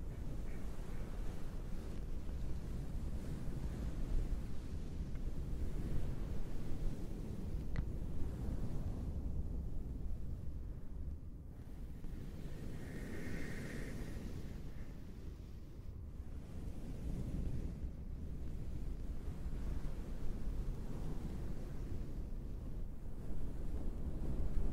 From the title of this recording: oceanwave-like towel sounds